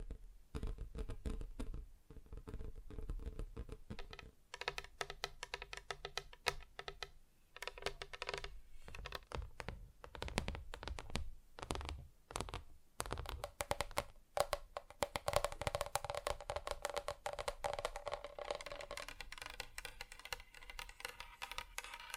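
Fingers tap quickly and irregularly across different surfaces, producing dense clusters of sharp clicks with brief pauses near 4, 7 and 12 seconds. The tone shifts as surfaces change, becoming brighter and more rattling after about 14 seconds, resembling fast typing.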